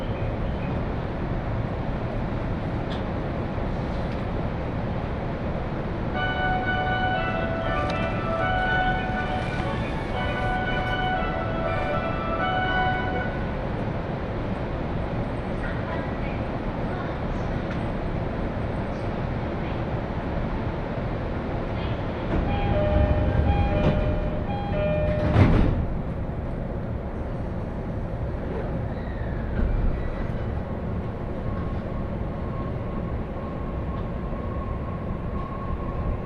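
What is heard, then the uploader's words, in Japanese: Inside a Joban Line local train, a steady low rumble carries on throughout, with a tonal chime around 6–13 seconds and louder clatter near 25 seconds. 耳で楽しむ鉄道旅 常磐線普通 石岡→土浦→取手。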